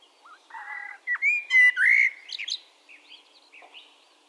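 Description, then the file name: Eurasian blackbird producing fluty whistles with buzzy squeaky notes in between, loudest in the middle, then softer twittering. "Turdus merula"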